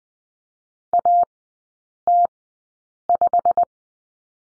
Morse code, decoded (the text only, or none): AT5